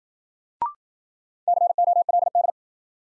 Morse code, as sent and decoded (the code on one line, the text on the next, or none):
-.-. --- .-.. -..
COLD